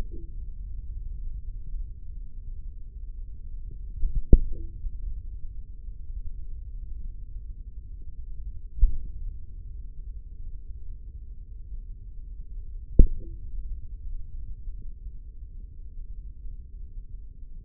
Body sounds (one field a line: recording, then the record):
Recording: forearm muscle sounds (acoustic myography)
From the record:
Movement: tripod grip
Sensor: system 3, bracelet of six PUI Audio POM-2738L microphones around the upper forearm, with dedicated amplification and filtering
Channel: 5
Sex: male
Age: 55 years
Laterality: right